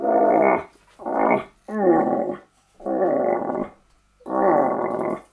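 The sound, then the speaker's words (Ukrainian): A hunting call instrument imitating a rutting elk calling a female, used to lure the animal out, gives five loud, gravelly, low bellowing blasts, each about half a second to a second long, separated by short pauses in a steady rhythm. “Оленя подзывают.”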